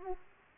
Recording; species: mosquito wingbeat signal from an infrared sensor; Aedes aegypti